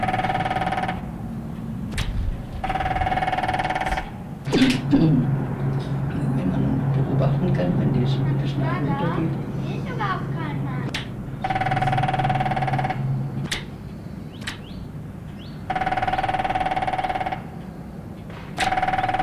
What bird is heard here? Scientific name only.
Picus canus